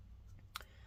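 A numbered screw on an MSI GF75 Thin 9SC-278US laptop is set into a threaded mount on the motherboard/heatsink assembly and twisted backwards before tightening. Against a low background hum, a single sharp click at 0.6 s marks the thread dropping into its start position, and the screw is seated.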